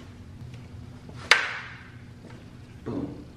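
A WCT plastic pedal spacer is pushed onto the clutch/brake pedal pad of an MK7 Golf R until its clip passes the lip. After some faint handling noises, one sharp click is heard at 1.3 s as the clip snaps on and the spacer seats, followed by a softer rustle near the end.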